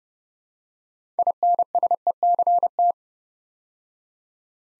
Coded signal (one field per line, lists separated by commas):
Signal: Morse code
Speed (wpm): 29 wpm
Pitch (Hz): 700 Hz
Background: none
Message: INSECT